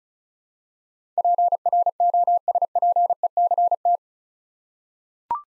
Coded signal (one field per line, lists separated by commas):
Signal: Morse code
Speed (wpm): 34 wpm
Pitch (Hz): 700 Hz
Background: none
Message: PROSPECT